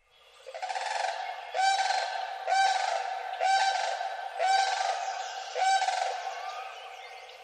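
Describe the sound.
Sandhill crane bugling with loud, rattling, rolling calls, repeated about once a second in a steady series of six strong notes.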